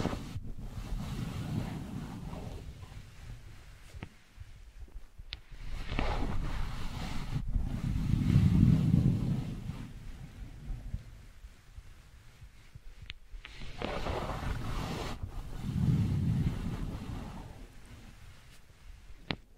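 Wooden balls roll in slow, low rumbling swells that rise and fade every few seconds, with occasional sharp clicks between them.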